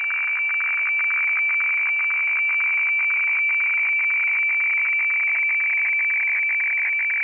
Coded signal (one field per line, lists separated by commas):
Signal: weather fax (radiofax)